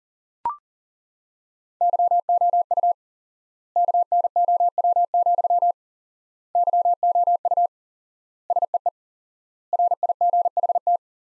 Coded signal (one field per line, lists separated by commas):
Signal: Morse code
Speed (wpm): 37 wpm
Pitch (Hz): 700 Hz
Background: none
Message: YOU KNOW, YOU SEE RIGHT